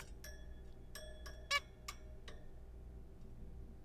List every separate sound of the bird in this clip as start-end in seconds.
1.51-1.59